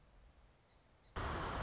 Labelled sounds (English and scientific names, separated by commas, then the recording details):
Nuttall's Woodpecker (Dryobates nuttallii)
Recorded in Sonoma County, California